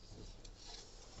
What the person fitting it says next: with the click sound it is fixed.